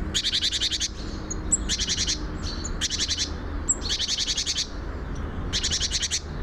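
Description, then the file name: Great tit uttering buzzy chattering bursts, about one per second, interspersed with brief high whistled notes over low background rumble. "Parus major"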